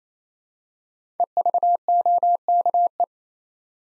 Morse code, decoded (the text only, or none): EVOKE